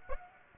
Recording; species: mosquito wingbeat signal from an infrared sensor; Aedes aegypti